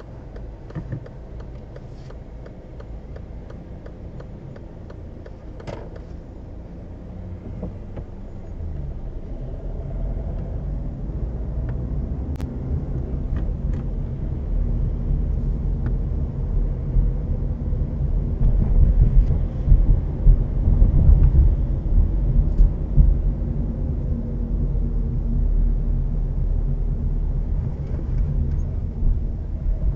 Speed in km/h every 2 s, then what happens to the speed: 0, 0, 0, 0, 0, 16, 19, 19, 21, 23, 24, 24, 21, 19, 16.
0-8 standing. 8-19 pulls away to 24. 19-30 slows to 16.